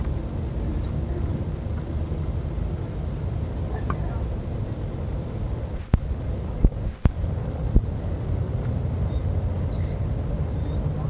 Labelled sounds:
Dhole (Cuon alpinus) whimpering
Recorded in captivity
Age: adult
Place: Tierpark Berlin, Berlin, DE
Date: 1961-09-18 19:00
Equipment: Minifon, Kopie Smaragd
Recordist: Tembrock, Günter
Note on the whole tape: Umherlaufen, dabei rhythmische Winsellaute

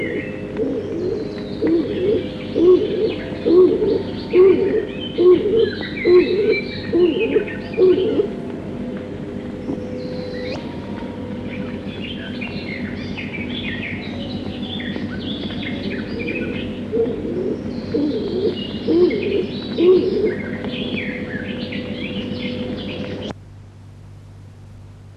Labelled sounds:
Stock Dove (Columba oenas) call
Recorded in the wild
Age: adult
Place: Friedrichsmoor, Landschaftsschutzgebiet Lewitz, Mecklenburg-Vorpommern, DE
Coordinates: 53.4572, 11.5731
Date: 1965-05-21
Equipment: Grundig TK 4, BG 20/6 - 19 cm/s
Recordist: Schubert, Michael

